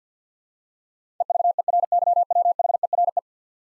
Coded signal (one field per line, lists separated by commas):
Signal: Morse code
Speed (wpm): 50 wpm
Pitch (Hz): 700 Hz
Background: none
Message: EVERYWHERE